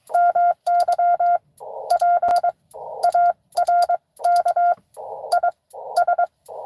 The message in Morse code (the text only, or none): MY PARK IS